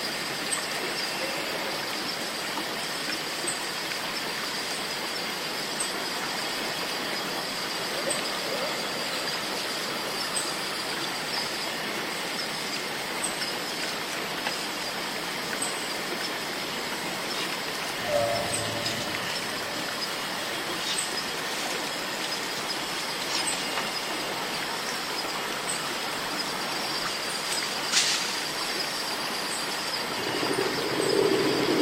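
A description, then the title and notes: Cicadas drone through a rainforest in a dense, unbroken shrill wash, with steady bright bands holding high over the whole stretch. A soft thud or splash comes near the middle, a sharp chirp near 28 seconds, and the sound swells slightly at the end. Walking in the ancient magical rainforest, stepping through the swamp, the healing sound of cicadas.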